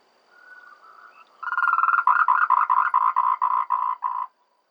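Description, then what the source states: Tree frog gives soft drawn-out notes, then a fast run of many loud pulsed croaks that end abruptly. Tree frog recorded in Taiwan.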